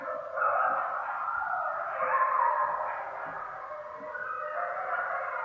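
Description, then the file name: Coyote chorus, a dense tangle of overlapping wavering howls and yips rising and falling together without a pause. Several coyotes, recorded on 5 November 2015. "coyotes 20151105"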